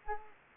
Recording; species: mosquito wingbeat signal from an infrared sensor; Anopheles gambiae